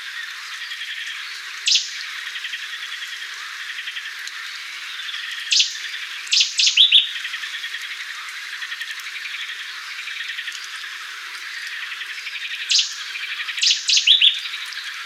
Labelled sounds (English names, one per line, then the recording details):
Cetti's Warbler song
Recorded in the wild
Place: Damtschik/Wolgadelta, RU
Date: 1995-05-16
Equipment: Dat-Recorder Casio DA 7, Telinga DAT, Telinga-Parabolspiegel
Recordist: Schwarz, Dieter
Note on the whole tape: Song